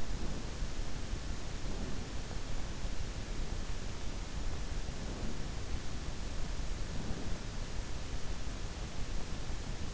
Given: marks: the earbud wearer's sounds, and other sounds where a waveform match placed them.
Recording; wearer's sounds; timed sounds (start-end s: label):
sounds in sleep by an in-ear microphone; breath
0.00-0.58 s: breath
1.56-2.21 s: breath
4.90-5.55 s: breath
6.79-7.57 s: breath